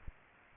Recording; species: mosquito wingbeat signal from an infrared sensor; Aedes aegypti